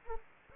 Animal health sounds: mosquito wingbeat signal from an infrared sensor; Anopheles gambiae

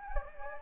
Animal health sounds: mosquito wingbeat signal from an infrared sensor; Anopheles gambiae

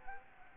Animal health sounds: mosquito wingbeat signal from an infrared sensor; Anopheles gambiae

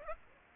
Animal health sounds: mosquito wingbeat signal from an infrared sensor; Aedes aegypti

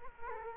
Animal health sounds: mosquito wingbeat signal from an infrared sensor; Culex quinquefasciatus

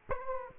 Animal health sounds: mosquito wingbeat signal from an infrared sensor; Aedes aegypti

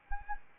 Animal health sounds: mosquito wingbeat signal from an infrared sensor; Anopheles arabiensis

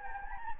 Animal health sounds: mosquito wingbeat signal from an infrared sensor; Anopheles gambiae

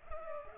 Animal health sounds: mosquito wingbeat signal from an infrared sensor; Culex pipiens

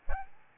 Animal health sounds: mosquito wingbeat signal from an infrared sensor; Aedes albopictus

